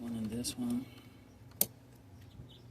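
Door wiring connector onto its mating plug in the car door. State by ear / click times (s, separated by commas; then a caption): seated / 1.6 s. While reassembling the door of a 2003 Lincoln Town Car during a Polk Audio 5x7 (DB571) speaker install, a door wiring connector is pressed onto its mating plug until it snaps on. Someone talks at the start, then one loud, sharp click comes at 1.6 s. The connector is seated.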